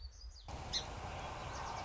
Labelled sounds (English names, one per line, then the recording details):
Song Sparrow
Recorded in Sonoma County, California